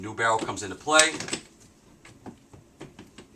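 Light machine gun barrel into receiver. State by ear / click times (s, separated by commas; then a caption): seated / 3.0 s, 3.2 s. Someone talks, then a steel barrel is put back into the receiver of a Bren light machine gun during a barrel change, making several quiet metallic clacks. The barrel locks down into the receiver with clacks at 3.0 s and 3.2 s, seated and ready to use.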